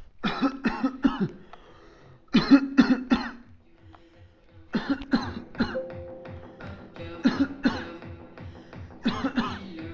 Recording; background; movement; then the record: voluntary coughing; music; sitting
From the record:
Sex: male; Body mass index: 21.0 kg/m2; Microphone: on the chest, facing outward